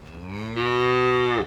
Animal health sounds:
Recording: contact call of a hoofed animal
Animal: cattle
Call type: low-frequency (closed-mouth) or high-frequency (open-mouth) call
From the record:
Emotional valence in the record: negative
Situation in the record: full separation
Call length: 1.47 s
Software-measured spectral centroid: 1800 Hz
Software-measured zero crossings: 1810 a second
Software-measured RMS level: -23 dBFS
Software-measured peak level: -10 dBFS

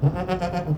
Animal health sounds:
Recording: contact call of a hoofed animal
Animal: goat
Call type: low-frequency (closed-mouth) or high-frequency (open-mouth) call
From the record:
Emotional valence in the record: positive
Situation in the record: food anticipation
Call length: 0.77 s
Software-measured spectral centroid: 1470 Hz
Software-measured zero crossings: 840 a second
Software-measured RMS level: -23 dBFS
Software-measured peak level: -9 dBFS

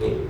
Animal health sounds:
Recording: contact call of a hoofed animal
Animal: pig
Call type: closed-mouth grunt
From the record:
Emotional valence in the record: positive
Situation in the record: food and toys in familiar pen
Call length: 0.30 s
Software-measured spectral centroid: 1380 Hz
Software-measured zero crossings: 710 a second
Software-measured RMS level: -24 dBFS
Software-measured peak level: -13 dBFS

